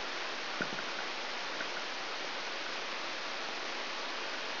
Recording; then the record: brain microelectrode recording played as sound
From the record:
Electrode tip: outside the subthalamic nucleus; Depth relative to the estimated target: -6 mm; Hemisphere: left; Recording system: AlphaMap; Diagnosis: Parkinson's disease